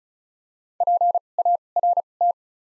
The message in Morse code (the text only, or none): PART